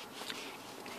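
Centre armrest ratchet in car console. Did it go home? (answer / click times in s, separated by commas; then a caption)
yes / 0.3 s. The centre armrest ratchet in the console of a sprint blue Audi S3 8P (2.0 litre turbo, REVO remap, 300 bhp) is raised to a new position and pushed down again. A short, sharp click at 0.3 s marks the ratchet locking the armrest in place, followed by a softer knock near 0.9 s.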